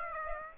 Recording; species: mosquito wingbeat signal from an infrared sensor; Aedes aegypti